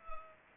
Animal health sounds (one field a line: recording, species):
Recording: mosquito wingbeat signal from an infrared sensor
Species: Culex pipiens